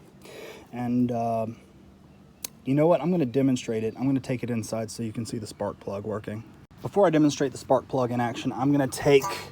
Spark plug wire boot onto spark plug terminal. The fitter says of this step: it just pops right on you can hear that click and